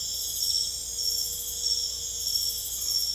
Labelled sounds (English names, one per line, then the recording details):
none
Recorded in secondary vegetation near Puerto Asís, Putumayo, Colombia, on 26 December 2024 at 22:30
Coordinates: 0.488, -76.319
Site GP04